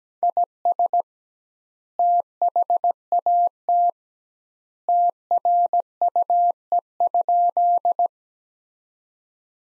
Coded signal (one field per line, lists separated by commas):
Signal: Morse code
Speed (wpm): 17 wpm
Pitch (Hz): 700 Hz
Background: none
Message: IS THAT TRUE?